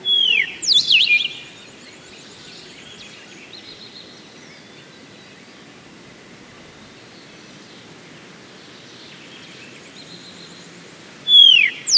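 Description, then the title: Black-crested warbler giving two bursts of rapid, high, sharp chip notes with downslurred sweeps, one early and one at the very end, separated by steady faint hiss. "Myiothlypis Nigrocristata"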